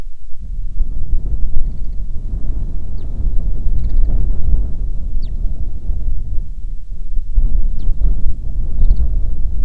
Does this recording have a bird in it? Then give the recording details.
yes. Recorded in the Prudhoe Bay oil fields, Alaska, on 7 August 2019 at 05:09. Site 13